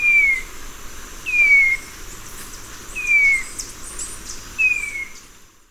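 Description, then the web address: Slaty-capped shrike-vireo singing four clear, downward-slurred whistles spaced roughly one and a half seconds apart. Eastern lowlands of South America. "Natures Songs S America Eastern Lowlands. Slaty-capped Shrike-Vireo"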